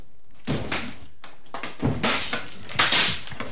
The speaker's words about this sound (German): Und dann war da ein Klang, als ob etwas zersplittern würde. Holz und Glas und Wellen, alles stürzte übereinander.